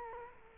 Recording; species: mosquito wingbeat signal from an infrared sensor; Culex quinquefasciatus